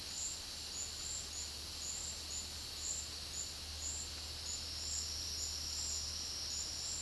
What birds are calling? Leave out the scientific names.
none